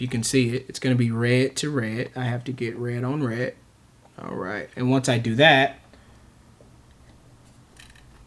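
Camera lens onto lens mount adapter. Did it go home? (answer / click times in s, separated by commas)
yes / 7.8 s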